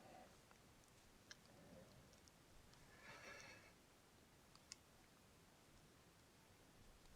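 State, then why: Not seated. After a watch battery is replaced, the case back is pressed onto the watch case to snap it closed. Only a few faint, sharp taps are heard over a steady background hiss, with a brief louder rush of sound in the middle. The case back has not snapped into place yet.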